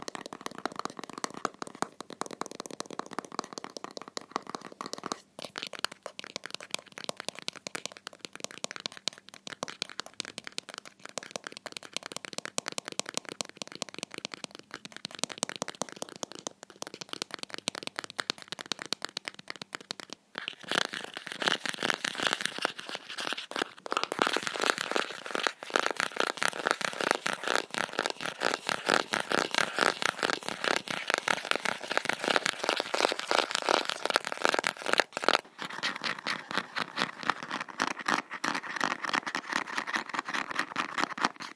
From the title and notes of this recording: Tapping the top and bottom, and then scratching the ridged bottom and the brand name indentation on the top, of a plastic soap holder. Plastic soap holder ASMR.